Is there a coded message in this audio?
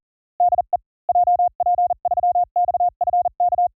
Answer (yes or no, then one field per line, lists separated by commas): yes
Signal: Morse code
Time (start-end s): 0.4-3.7 s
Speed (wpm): 40 wpm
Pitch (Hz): 710 Hz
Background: none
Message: DE JP3XFK